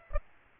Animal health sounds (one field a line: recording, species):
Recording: mosquito wingbeat signal from an infrared sensor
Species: Aedes aegypti